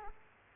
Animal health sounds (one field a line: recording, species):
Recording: mosquito wingbeat signal from an infrared sensor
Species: Culex quinquefasciatus